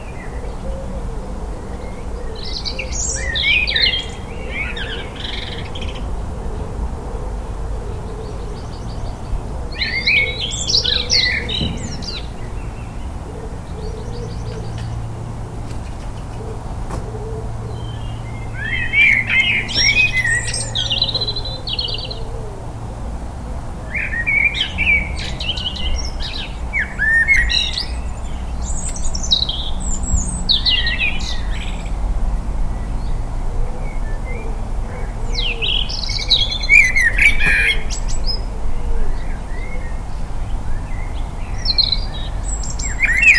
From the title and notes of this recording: Liverpool Garden April 2021. Liverpool morning rituals April 2021.